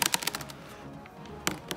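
The tail assembly latch of an FMS 1400mm Kingfisher model airplane is handled as it is lined up with the fuselage: the rudder is moved to one side, the rail is aligned, and the latch is pushed forward toward its opening. Short, sharp handling taps are heard near 0.1, 0.2 and 0.3 seconds and again at 1.5 seconds over a quiet low background. The latch has not clicked home or seated yet.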